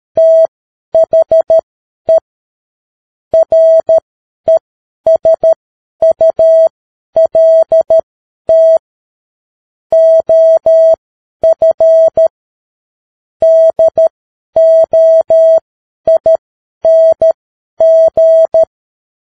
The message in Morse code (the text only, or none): THE RESULT OF DOING